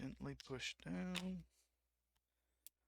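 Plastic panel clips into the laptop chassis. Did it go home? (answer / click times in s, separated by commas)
yes / 2.7 s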